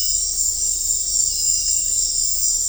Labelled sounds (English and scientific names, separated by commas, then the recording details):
none
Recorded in dense forest near Puerto Asís, Putumayo, Colombia, on 18 December 2024 at 20:00
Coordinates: 0.500, -76.322
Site G053